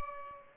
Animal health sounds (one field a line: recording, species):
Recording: mosquito wingbeat signal from an infrared sensor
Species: Aedes albopictus